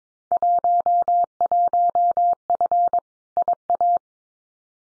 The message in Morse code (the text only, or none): 11F IA